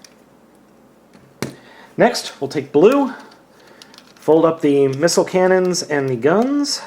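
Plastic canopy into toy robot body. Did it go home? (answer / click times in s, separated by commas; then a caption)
yes / 1.4 s. The plastic canopy of the red toy robot is folded all the way over and pressed into the robot body, snapping into place at 1.4 s with one sharp click to form the core of the combined figure. Afterward someone talks.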